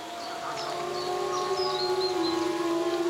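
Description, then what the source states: Wolf howling: one long, steady, slightly falling tone held for about three seconds, with faint high bird chirps above it. Wolves howling, heard live; howling is a form of communication, and members of a group recognise each other by their howls.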